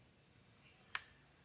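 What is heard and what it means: On a CFMOTO UForce U10 PRO, the locking tab on the brake pressure switch's electrical connector is pressed down and the plastic plug is pulled off the switch. A single sharp click is heard at 1.0 s over a quiet background, with a faint softer sound just before it. The connector is released.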